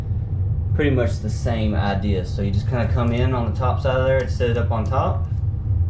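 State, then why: Not seated. A vinyl plank with a click-lock edge is angled in and set on top of the adjoining plank's edge while someone talks over a steady low rumble. The plank is being handled and nothing has seated or clicked yet.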